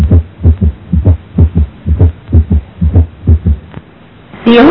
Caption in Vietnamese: Trong trường hợp ngựa phi kèm tiếng nhĩ thu, ta nghe được một nhịp 4, bao gồm T1, T2, T3 và tiếng nhĩ thu.